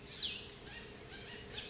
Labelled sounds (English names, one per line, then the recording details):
Cassin's Vireo
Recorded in Sonoma County, California